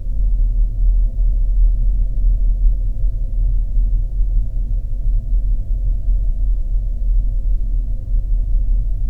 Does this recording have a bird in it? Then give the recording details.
no. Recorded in the Arctic National Wildlife Refuge, Alaska, on 3 September 2019 at 09:51. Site 48